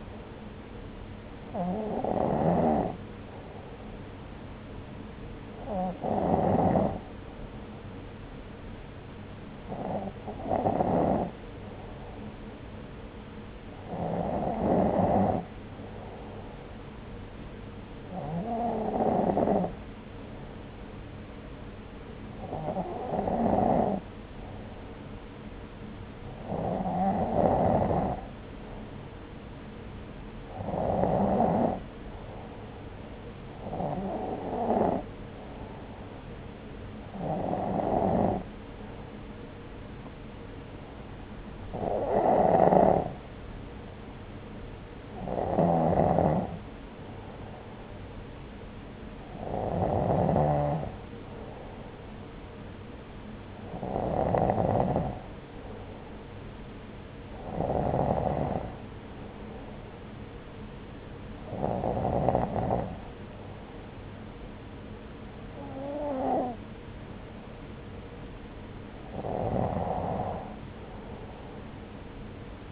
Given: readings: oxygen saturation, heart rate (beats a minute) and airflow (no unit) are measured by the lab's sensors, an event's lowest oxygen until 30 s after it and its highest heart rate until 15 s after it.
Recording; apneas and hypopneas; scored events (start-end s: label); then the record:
breathing in sleep by a voice recorder at the bedside; none
none scored
From the record:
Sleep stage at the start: N2 (light sleep); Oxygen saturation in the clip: 93 to 94%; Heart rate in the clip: 62 to 69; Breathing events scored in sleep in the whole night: 303 in 8.1 hours asleep